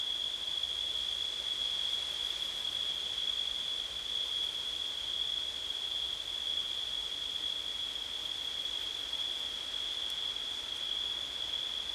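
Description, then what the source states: Continuous high cricket trill stands over a somewhat louder hiss of background noise. Crickets recorded on a windy September night.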